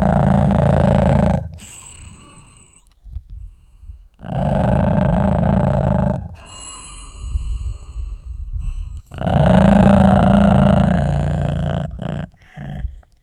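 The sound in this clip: Dog giving deep, sustained growls in three long bouts, with quieter sounds and some higher tones between them.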